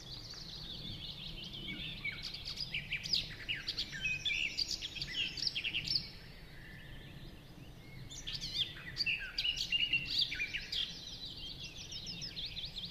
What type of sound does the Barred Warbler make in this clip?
song